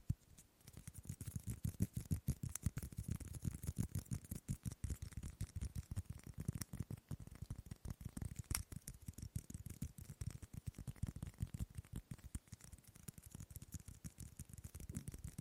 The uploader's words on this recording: ASMR Fast & Slow Tapping on 6 Objects No Talking.